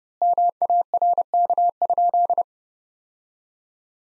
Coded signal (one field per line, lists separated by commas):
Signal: Morse code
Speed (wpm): 30 wpm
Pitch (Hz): 700 Hz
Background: none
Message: MARK?